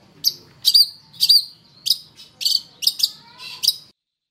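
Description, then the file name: Long-tailed shrike song, a run of short, sharp high notes in an uneven series, some doubled. Used for training songbirds by bird keepers. "cendet-master 4-omkicau"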